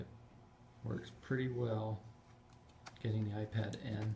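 An iPad is being handled and pushed toward the spring-loaded holder of a Belkin tablet stand while someone talks, with a brief sharp tick near 2.9 s. Nothing has seated or clicked into place yet.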